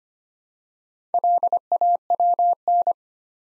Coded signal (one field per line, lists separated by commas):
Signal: Morse code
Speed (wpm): 25 wpm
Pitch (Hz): 700 Hz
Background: none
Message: LAWN